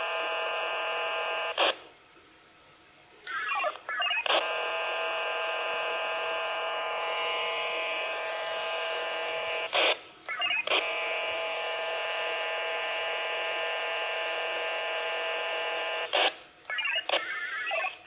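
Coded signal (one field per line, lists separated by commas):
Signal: HF data modem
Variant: VARA FM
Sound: long dense buzzy multi-tone data bursts, separated by brief chirpy stepping-tone replies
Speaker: and there you have it guys there's vara fm running on the raspberry pi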